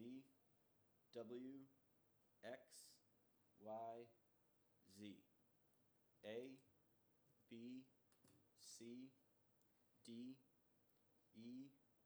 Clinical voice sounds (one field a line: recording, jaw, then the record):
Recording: letters of the alphabet, spoken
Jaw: free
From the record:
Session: first day, before the bite bar